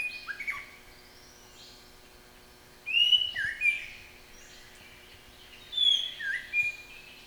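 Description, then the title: White-rumped shama song in three separate bursts of short whistled phrases with sharp up-and-down notes, about two seconds of pause between them. National champion bird; masteran recording used for training pet songbirds to sing. "Suara Murai Batu Juara Nasional"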